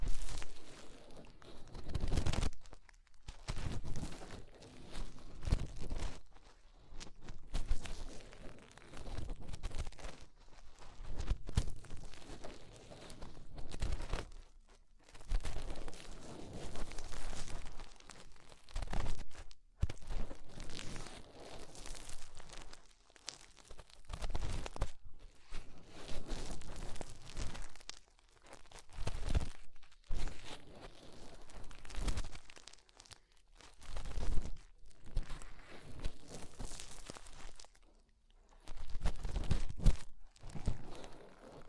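Fingers rubbing and scraping in an ear make a muffled, crackling rustle that comes in bursts through the whole 42 seconds. The bursts are irregular, each lasting a second or two, with short quiet gaps between them and some sharper crinkly pops.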